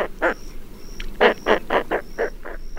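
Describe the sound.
Roseate Spoonbill giving low, hoarse grunting calls in a rapid uneven series, with a faint thin high tone sounding at intervals behind them.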